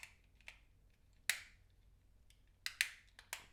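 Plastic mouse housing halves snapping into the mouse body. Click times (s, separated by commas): 1.3 s, 2.7 s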